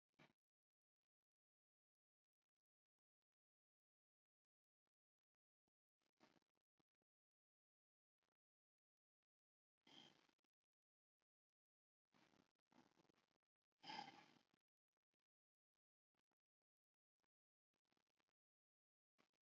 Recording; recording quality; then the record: shallow breathing; excellent, no background noise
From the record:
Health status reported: healthy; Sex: male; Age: 29 years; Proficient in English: yes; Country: India